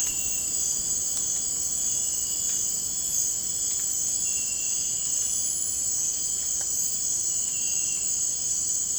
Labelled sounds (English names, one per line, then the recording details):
none
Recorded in dense forest near Puerto Asís, Putumayo, Colombia, on 26 December 2024 at 03:30
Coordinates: 0.481, -76.323
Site G100